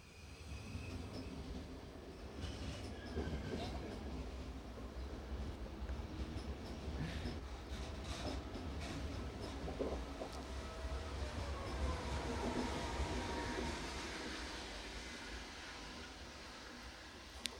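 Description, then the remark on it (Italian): A train rumbles past in a steady, loud roar of wheels on rails, with faint metallic squeals and rattling clatter rising and falling over about seventeen seconds, no voices. “No, c'è il treno, fantastico.”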